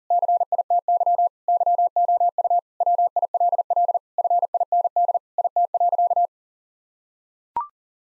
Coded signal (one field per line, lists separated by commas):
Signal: Morse code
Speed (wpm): 40 wpm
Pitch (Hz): 700 Hz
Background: none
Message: CITY YOU WILL FIND IT.